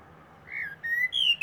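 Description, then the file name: Common blackbird giving a short fluty whistled phrase: two lower whistled notes, then a higher falling note with bright overtones. "Turdus merula"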